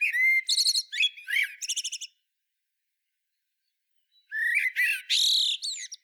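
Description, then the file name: Common blackbird singing two phrases of warbled whistles with fast trilled and scratchy high twittering, a pause of about two seconds between them. "Turdus merula"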